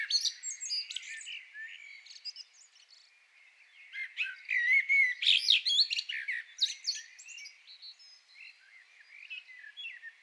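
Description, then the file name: Common blackbird song, a busy run of jumbled warbling and scratchy high notes, loudest and densest in the middle. "Turdus merula"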